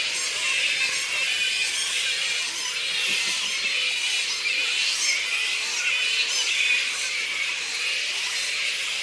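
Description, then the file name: Black flying foxes squealing and chattering in a busy colony, high harsh squeaks overlapping continuously in a steady din. A colony of black flying foxes giving squeaks. "Black Fruit Bats -Pteropus alecto Colony Squeaks"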